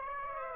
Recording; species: mosquito wingbeat signal from an infrared sensor; Aedes aegypti